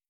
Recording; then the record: hydrophone in a shrimp aquaculture tank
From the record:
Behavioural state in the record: starved